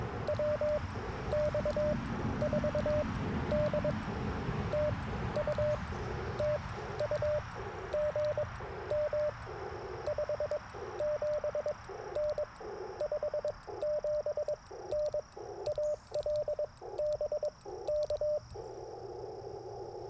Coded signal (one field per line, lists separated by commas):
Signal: Morse code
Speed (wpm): 22 wpm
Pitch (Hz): 600 Hz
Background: radio noise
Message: WX4D TU TU GM 57N 57N AL BK